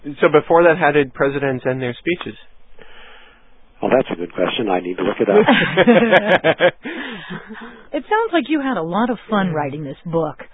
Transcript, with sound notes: "So before that, how did presidents end their speeches?"
"Oh that's a good question. I'll have to look it up. [laughter]
"It sounds like you had a lot of fun writing this book.